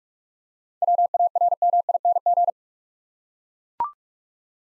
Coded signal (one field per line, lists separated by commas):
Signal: Morse code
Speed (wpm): 44 wpm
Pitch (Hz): 700 Hz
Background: none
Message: WARMING